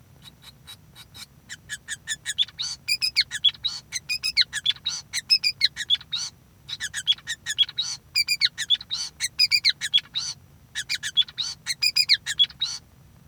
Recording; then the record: song of a male Bengalese finch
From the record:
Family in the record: son of father 5